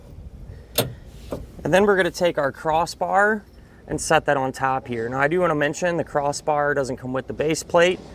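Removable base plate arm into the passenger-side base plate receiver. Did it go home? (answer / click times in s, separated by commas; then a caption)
yes / 0.8 s. A removable steel arm of a Roadmaster crossbar-style base plate kit on a 2019 Jeep Grand Cherokee is slid into the passenger-side base plate receiver and turned a quarter turn. It locks into place with a sharp click at 0.8 s, followed by a fainter knock at 1.3 s. Someone then talks for the rest of the clip.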